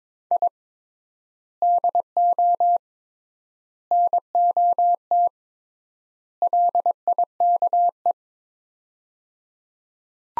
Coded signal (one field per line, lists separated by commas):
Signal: Morse code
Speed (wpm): 21 wpm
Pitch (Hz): 700 Hz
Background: none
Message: I DO NOT LIKE